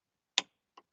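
A click-type torque wrench tightens the top strut bearing nut on an ST coilover for a Mk1 VW Golf / Rabbit. A sharp, bright click at 0.4 s shows the wrench reaching its torque setting, followed by a fainter tick at about 0.8 s. The nut is torqued and the job is done.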